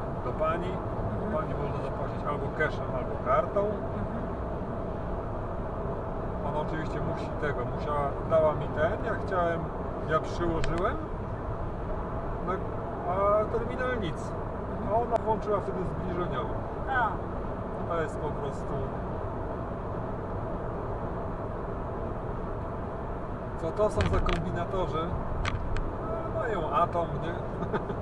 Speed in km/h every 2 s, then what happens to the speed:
106, 106, 106, 106, 106, 106, 106, 106, 106, 106, 105, 105, 105, 106.
0-28 steady at about 106.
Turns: none.